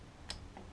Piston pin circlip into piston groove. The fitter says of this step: That should snap,